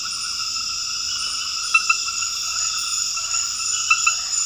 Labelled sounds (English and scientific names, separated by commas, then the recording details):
none
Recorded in dense forest near Puerto Asís, Putumayo, Colombia, on 9 March 2025 at 21:00
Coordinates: 0.484, -76.325
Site G045